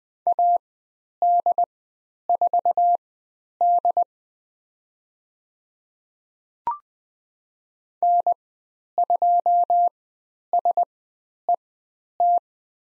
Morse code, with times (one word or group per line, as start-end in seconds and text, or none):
0.3-4.0 AD4D
8.0-12.4 N2SET